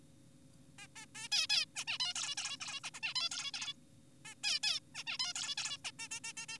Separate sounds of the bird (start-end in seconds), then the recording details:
0.79-0.87, 0.96-1.06, 1.15-1.28, 1.32-1.47, 1.50-1.66, 1.76-1.84, 1.88-1.98, 2.00-2.14, 2.16-2.35, 2.38-2.57, 2.60-2.80, 2.84-2.90, 2.94-3.00, 3.03-3.14, 3.16-3.29, 3.32-3.51, 3.54-3.74, 4.25-4.34, 4.44-4.60, 4.63-4.80, 4.95-5.04, 5.07-5.18, 5.20-5.33, 5.36-5.55, 5.58-5.78, 5.85-5.91, 5.99-6.08, 6.11-6.20, 6.24-6.32, 6.37-6.46, 6.49-6.58. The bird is an adult. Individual g4p5U